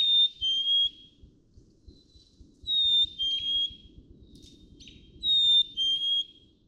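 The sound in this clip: Black-capped chickadee whistling its clear two-note song, a high note then a slightly lower one, repeated three times about every two and a half seconds over a low rumbling background.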